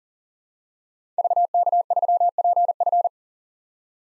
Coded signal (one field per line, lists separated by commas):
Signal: Morse code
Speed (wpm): 40 wpm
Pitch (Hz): 700 Hz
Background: none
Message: VK3PF